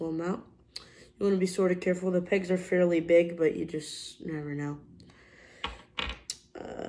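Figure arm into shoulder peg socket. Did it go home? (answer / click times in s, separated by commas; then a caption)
yes / 6.3 s. Someone talks while fitting a swap arm onto the shoulder peg of a poseable plastic Mezco 5 Points Popeye action figure from the deluxe box set. After the talking stops, a few short, sharp clicks follow. The arm is pushed onto its peg and snaps into place with a click at 6.3 s.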